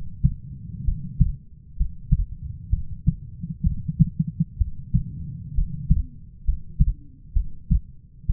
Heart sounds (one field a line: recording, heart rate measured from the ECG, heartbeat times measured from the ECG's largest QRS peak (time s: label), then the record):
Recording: heart sounds by stethoscope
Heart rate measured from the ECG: 65 bpm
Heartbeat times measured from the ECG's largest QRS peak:
0.84 s: heartbeat
1.76 s: heartbeat
2.70 s: heartbeat
3.63 s: heartbeat
4.58 s: heartbeat
5.54 s: heartbeat
6.44 s: heartbeat
7.33 s: heartbeat
8.26 s: heartbeat
From the record:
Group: healthy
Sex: female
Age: 37 years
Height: 168 cm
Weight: 70 kg